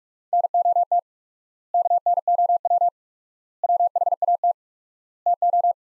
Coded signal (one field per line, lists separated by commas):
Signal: Morse code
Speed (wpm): 46 wpm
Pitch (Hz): 700 Hz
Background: none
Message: NOT KNOW WHAT TO